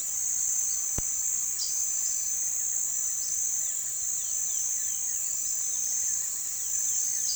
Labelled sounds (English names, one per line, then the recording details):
none
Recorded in pastures near Puerto Asís, Putumayo, Colombia, on 19 February 2024 at 09:00
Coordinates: 0.468, -76.328
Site G6414